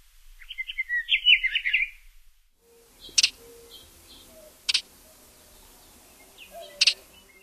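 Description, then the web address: Scott's oriole song, a short burst of clear whistled warbling notes lasting about two seconds. "Songs of Birds of North America Stokes. Scotts Oriole"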